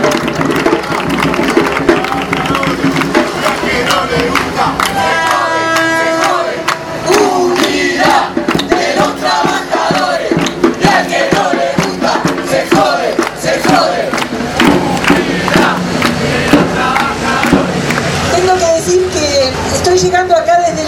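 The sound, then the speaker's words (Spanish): A large audience applauds loudly and steadily for about twenty seconds as a speaker from the Corriente Político Sindical Rompiendo Cadenas is welcomed, the clapping mixed with shouting and chanting voices that rise and fall throughout. “Un fuerte aplauso para la compañera.”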